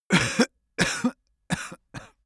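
A sequence of four coughs from an adult man.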